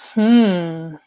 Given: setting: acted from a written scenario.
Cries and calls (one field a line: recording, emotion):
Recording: vocal sound without words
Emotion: ecstasy